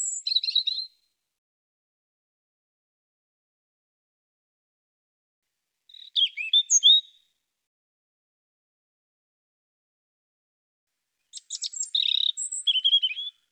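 European robin song: three short high phrases of thin warbling notes and trills, spaced by several seconds of silence, with no other sounds.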